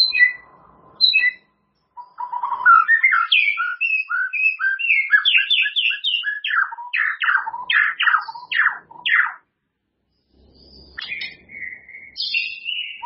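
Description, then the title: White-rumped shama song, a long varied stream of quick whistled and warbled notes, rich and fluent, after a few sparse opening chirps. "murai batu"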